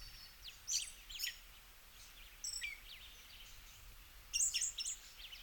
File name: Western red legged thrush